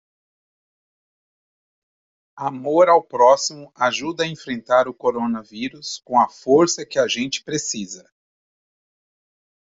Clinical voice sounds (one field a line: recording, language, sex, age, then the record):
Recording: spoken sentence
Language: Brazilian Portuguese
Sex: male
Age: 40 to 49 years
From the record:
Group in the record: control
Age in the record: 46 years